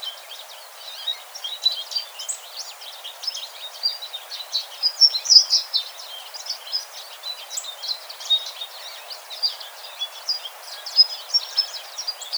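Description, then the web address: American goldfinch calls: dense, high chattering chips and short twitters, rising in strength around the middle, over a soft hiss. Recorded on 4 January 2007. "American Goldfinch 2007 01 04"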